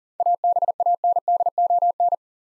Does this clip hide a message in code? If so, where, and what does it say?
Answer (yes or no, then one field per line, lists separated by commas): yes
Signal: Morse code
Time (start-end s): 0.2-2.1 s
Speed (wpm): 42 wpm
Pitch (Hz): 700 Hz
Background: none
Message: ABANDON